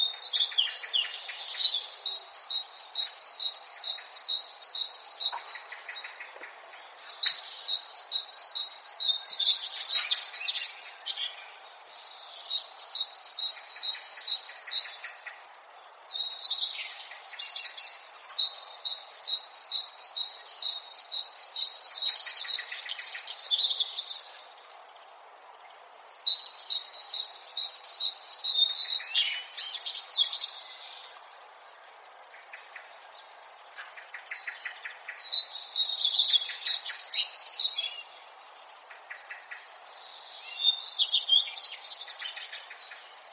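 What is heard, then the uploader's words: Birds sing in a forest, mostly one voice repeating quick, high, rapid trilled phrases of two to four seconds, separated by short pauses, about every five seconds. Brighter chirps and slurred notes mix in, and a faint steady hiss sits underneath throughout. Birdsong. Birds chirping away in the forest.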